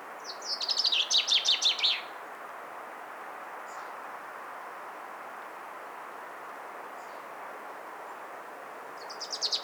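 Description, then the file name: Common chaffinch with one bright, cascading trill phrase, two faint short notes in the long gap, and the start of another phrase at the end, over even hiss. "Fringilla coelebs"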